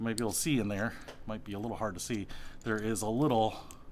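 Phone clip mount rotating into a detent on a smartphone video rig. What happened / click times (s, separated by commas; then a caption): Handled, not yet home: no detent snap heard, only talking / none. The phone clip mount on an aluminium smartphone video rig is being handled before it is rotated through its small detents to snap into a set position. Someone talks throughout, and there are no distinct ticks. The clip has not yet snapped into place, and nothing has seated or clicked.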